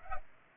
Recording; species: mosquito wingbeat signal from an infrared sensor; Culex pipiens